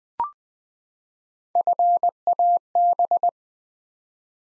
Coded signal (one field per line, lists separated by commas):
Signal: Morse code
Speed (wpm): 20 wpm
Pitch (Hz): 700 Hz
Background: none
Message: FAB